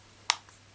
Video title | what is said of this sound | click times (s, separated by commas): 3 Annoying FAULTS on the Nintendo Switch & how to FIX them | it clicks in, and now that's not going to come off unless you physically pull it out. | 0.3 s